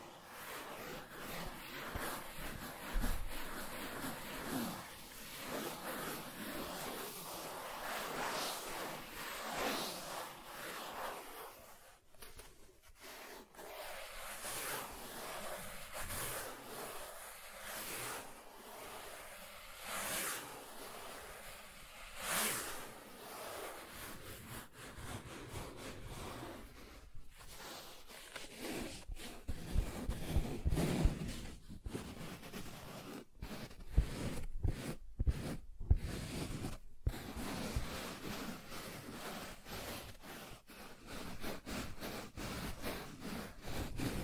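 Soft tracing across smooth and rough surfaces, a steady hushed rubbing that comes in long strokes. The texture shifts through the take, with scratchier bursts and brief gritty catches, and near the end short pauses break the strokes into quicker passes.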